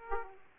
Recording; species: mosquito wingbeat signal from an infrared sensor; Aedes aegypti